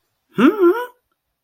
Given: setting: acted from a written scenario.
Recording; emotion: vocal sound without words; interest